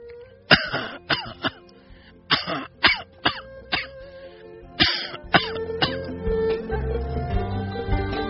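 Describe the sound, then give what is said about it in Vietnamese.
An elderly woman, turning over as she lies, coughs in a string of harsh, hacking bursts, some clustered in quick pairs, with throat-clearing rasps and ragged breaths between them, then a low rumbling wheeze trailing off. “Bà trở mình ra ở phía ông Tám, khục khặc ho.”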